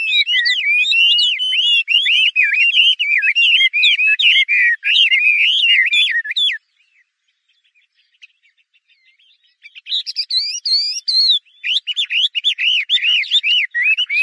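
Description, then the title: Chinese hwamei delivering a long burst of rich, warbling whistled phrases, falling silent for about three seconds, then resuming with higher, varied notes. "画眉鸟的叫声"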